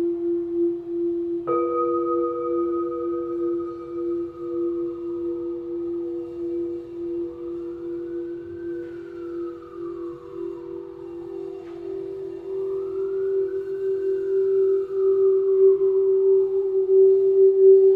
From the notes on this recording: crystal singing bowls